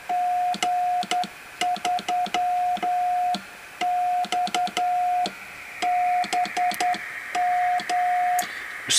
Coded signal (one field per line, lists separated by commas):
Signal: Morse code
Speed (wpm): 11 wpm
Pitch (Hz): 720 Hz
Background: radio noise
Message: G3XBM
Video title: G3XBM's XBM80-2 80m CW Micro-transceiver